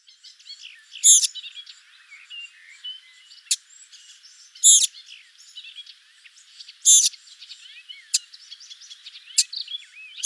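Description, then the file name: Eurasian blackcap with loud, harsh tack calls repeated every few seconds, set against a busy jumble of thin, high warbled and chirping notes. "Sylvia atricapilla"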